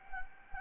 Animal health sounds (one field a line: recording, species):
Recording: mosquito wingbeat signal from an infrared sensor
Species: Anopheles gambiae